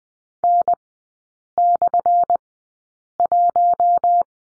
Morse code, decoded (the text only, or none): N/1